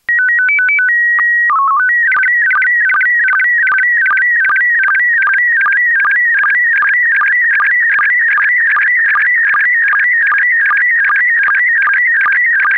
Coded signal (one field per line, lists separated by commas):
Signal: SSTV (slow-scan television)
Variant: PD 50